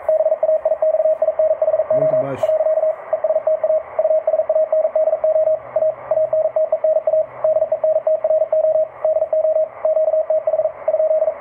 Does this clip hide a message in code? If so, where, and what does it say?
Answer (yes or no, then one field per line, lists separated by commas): yes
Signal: Morse code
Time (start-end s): 0.1-11.3 s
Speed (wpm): 47 wpm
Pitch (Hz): 630 Hz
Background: radio noise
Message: BAIXINHO . ESTA USANDO A ANTENA DENTRO DO QTH ?